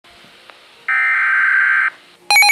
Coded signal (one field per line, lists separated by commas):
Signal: Emergency Alert System (SAME) tones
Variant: header bursts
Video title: Severe Thunderstorm Warning (EAS #29)